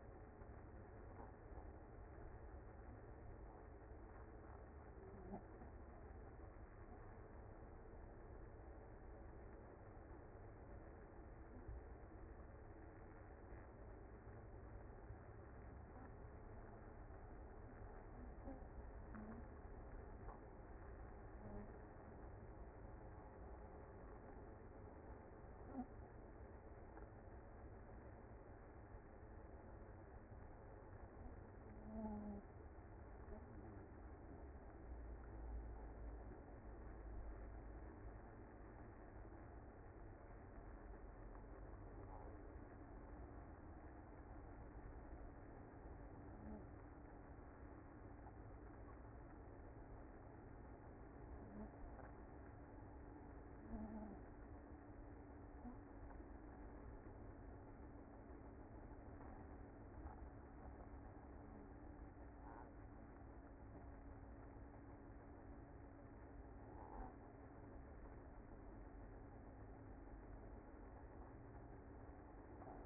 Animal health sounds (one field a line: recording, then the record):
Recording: honeybee colony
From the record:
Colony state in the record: active